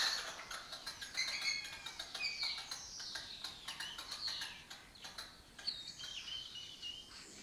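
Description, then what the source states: Lesser kestrels calling from a colony, a dense chatter of harsh, scratchy calls with high thin notes. Breeding colony in an abandoned building complex in Doñana, southern Europe; migratory raptor that forages in West Africa.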